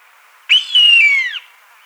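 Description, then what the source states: Gray-lined hawk giving a single plaintive whistled scream, starting sharply, holding level, then sliding downward over about one second, against a faint steady hiss. Recorded 9 January 2003.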